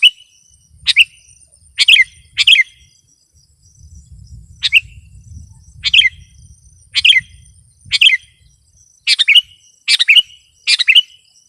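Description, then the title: Sooty-headed bulbul song: short chirpy, gurgling phrases repeated irregularly, some in quick pairs, over a thin high whine and a low rumble in the middle. "kutilang"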